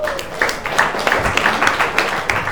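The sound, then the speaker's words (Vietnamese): A group claps together as a welcoming applause for a fellow student, a steady, moderately loud patter of overlapping hand claps with sharper individual smacks standing out, continuing throughout without any voices. “Rồi, các bạn cho bạn tiếng chào vỗ tay.”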